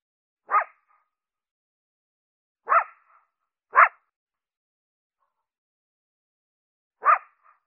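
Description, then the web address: Coyote barking: four short harsh yaps at uneven intervals, two close together in the middle, otherwise quiet. "Coyote. Howls"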